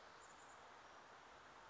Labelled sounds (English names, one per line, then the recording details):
Chestnut-backed Chickadee
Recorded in Sonoma County, California